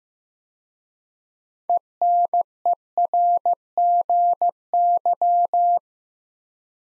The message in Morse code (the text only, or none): ENERGY